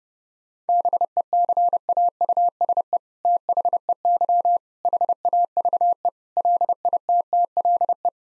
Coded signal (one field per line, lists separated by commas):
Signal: Morse code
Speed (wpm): 30 wpm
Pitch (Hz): 700 Hz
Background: none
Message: BECAUSE THEY HAVE LITTLE